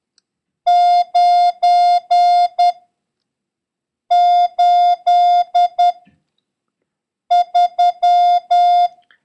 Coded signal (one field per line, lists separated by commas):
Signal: Morse code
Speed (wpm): 10 wpm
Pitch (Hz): 710 Hz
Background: none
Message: 983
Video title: International Morse Code: Lesson 7